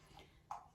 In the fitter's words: that you can open, keep open, clicks in place. You can shut it.